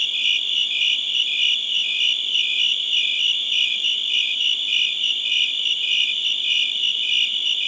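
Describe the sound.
Cricket chirps constantly, high pulses ticking along at an even pace throughout.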